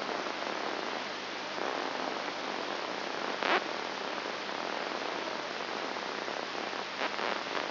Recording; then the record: brain microelectrode recording played as sound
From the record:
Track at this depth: inside the subthalamic nucleus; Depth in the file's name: 1.904 mm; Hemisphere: left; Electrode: 3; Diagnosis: Parkinson's disease